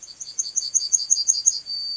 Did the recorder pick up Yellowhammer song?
yes